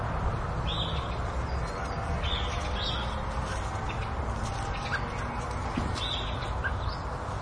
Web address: suburban ambience with agitated birds flapping and chirping